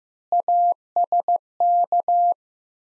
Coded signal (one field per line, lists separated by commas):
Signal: Morse code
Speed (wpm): 15 wpm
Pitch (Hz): 700 Hz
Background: none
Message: ASK